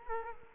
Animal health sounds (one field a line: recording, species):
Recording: mosquito wingbeat signal from an infrared sensor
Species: Culex quinquefasciatus